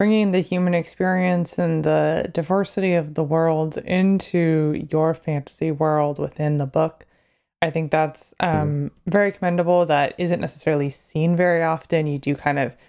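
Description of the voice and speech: Clear, fluent adult speech at an easy conversational pace with a steady, normal-sounding voice and brief natural pauses.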